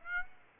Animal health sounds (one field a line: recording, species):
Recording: mosquito wingbeat signal from an infrared sensor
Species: Aedes aegypti